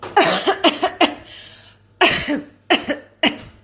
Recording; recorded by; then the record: voluntary cough; messaging app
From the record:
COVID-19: negative